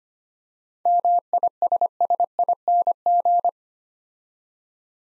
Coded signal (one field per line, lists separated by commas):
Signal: Morse code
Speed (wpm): 25 wpm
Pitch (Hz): 700 Hz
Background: none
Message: MISSING